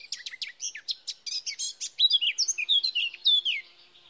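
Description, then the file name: Eurasian blackcap song, rapid dry chatter notes leading straight into loud, clear falling whistles in one continuous phrase. "Sylvia atricapilla"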